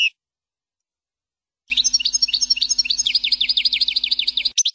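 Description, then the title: European goldfinch song, a fast liquid twitter of rapid rising and falling notes lasting about three seconds, with a faint steady low hum underneath. "Chant Chardonneret"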